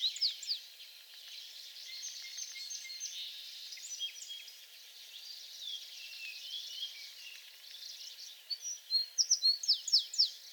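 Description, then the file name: American tree sparrow singing a short series of quick, bright notes at the close, with steady high twittering from other birds throughout. Recorded on 28 April 2022; several songs. "2022-04-28 American Tree Sparrow songs"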